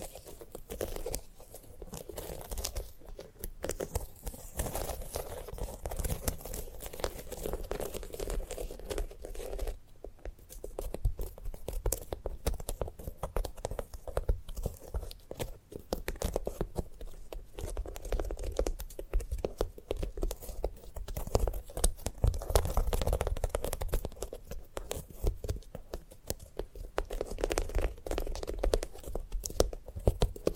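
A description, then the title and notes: A sunflower head is handled in a dense, continuous stream of tiny crackles, scratches and rustles, like dry seeds and petals being rubbed and picked. The texture stays busy throughout with no pauses, with a low rumbling hum underneath and a few sharper snaps around ten seconds. ASMR of a Sunflower Head (No Talking).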